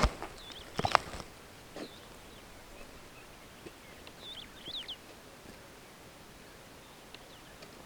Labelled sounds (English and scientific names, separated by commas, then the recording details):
Superb Starling (Lamprotornis superbus) flight call
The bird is a male
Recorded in Kenya on 26 June 2010
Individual 7, of group CF1